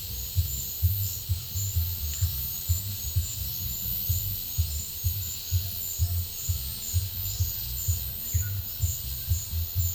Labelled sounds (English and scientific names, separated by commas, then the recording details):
none
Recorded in pastures near Puerto Asís, Putumayo, Colombia, on 22 December 2024 at 11:00
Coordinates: 0.496, -76.326
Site G004